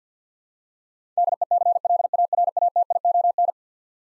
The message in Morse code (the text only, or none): DECLARATION